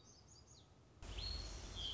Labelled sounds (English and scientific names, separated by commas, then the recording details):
Black-throated Gray Warbler (Setophaga nigrescens)
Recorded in Sonoma County, California